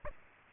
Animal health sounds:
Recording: mosquito wingbeat signal from an infrared sensor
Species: Aedes aegypti

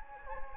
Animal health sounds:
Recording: mosquito wingbeat signal from an infrared sensor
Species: Anopheles gambiae

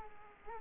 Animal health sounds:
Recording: mosquito wingbeat signal from an infrared sensor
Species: Culex quinquefasciatus

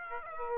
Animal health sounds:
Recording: mosquito wingbeat signal from an infrared sensor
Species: Aedes aegypti

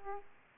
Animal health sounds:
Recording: mosquito wingbeat signal from an infrared sensor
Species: Aedes aegypti

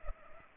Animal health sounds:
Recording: mosquito wingbeat signal from an infrared sensor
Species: Culex pipiens

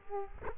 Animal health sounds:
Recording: mosquito wingbeat signal from an infrared sensor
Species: Culex quinquefasciatus

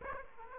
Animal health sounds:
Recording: mosquito wingbeat signal from an infrared sensor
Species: Aedes aegypti

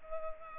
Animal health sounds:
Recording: mosquito wingbeat signal from an infrared sensor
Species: Culex pipiens

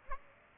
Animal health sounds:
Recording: mosquito wingbeat signal from an infrared sensor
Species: Aedes aegypti

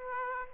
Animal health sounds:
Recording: mosquito wingbeat signal from an infrared sensor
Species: Aedes aegypti

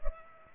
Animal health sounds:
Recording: mosquito wingbeat signal from an infrared sensor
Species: Culex pipiens

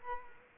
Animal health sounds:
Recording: mosquito wingbeat signal from an infrared sensor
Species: Culex quinquefasciatus

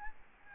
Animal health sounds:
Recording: mosquito wingbeat signal from an infrared sensor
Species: Aedes albopictus

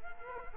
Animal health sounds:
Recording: mosquito wingbeat signal from an infrared sensor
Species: Culex quinquefasciatus

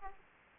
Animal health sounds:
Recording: mosquito wingbeat signal from an infrared sensor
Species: Aedes aegypti

